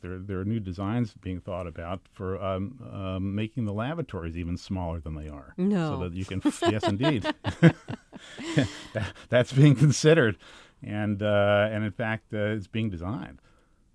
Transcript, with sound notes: there are new designs being thought about for making the lavatories even smaller than they are. So that you can...
No.
Yes, indeed.
(LAUGHTER)
That's being considered. And, in fact, it's being designed.